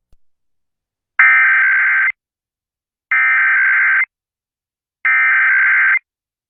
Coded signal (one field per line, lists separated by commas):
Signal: Emergency Alert System (SAME) tones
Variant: header bursts